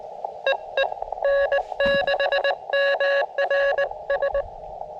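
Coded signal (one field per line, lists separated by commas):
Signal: Morse code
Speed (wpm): 21 wpm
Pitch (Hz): 590 Hz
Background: radio noise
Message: EE N6MRS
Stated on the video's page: QRP park activation sent on a BaMaTech TP-III key into an Elecraft KX2 with a Tufteln 9:1 41-foot end-fed random wire; busy bands, so-so copy.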